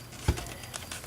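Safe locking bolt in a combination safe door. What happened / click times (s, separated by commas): The safe's locking bolt retracted and the lock released / 0.8 s, 0.9 s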